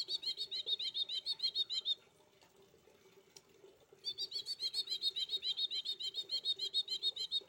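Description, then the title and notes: Streaked spiderhunter song: a fast run of sharp high notes, a pause of about two seconds, then a longer run, over a faint steady low hum. Bird singing actively (gacor) with a clear, long song; masteran training recording for cage birds. "Pijantung Gunung Gacor Jernih Panjang. Masteran burung"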